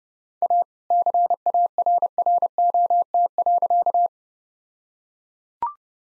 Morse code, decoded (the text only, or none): A CARROT.